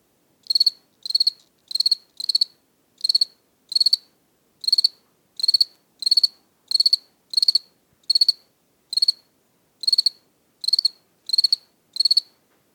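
Cricket chirping: short, high, pulsed chirps repeated steadily, about seventeen in thirteen seconds, fairly evenly spaced, against an otherwise silent background.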